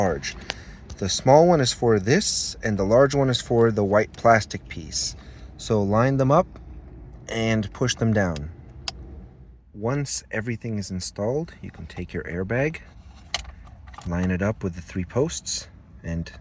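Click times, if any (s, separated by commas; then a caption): 8.9 s. While someone talks through installing a custom steering wheel in a GR Corolla without cutting wires, the small and large plastic connectors (the large one goes to the white plastic piece) are lined up and pushed down into the airbag module sockets. A single sharp click at 8.9 s marks the connectors seating fully home.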